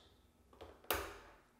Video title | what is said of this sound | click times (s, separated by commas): CS3 Basics, Episode 1, External Connections | click there it is and then the only way to pull out the plug would | 0.9 s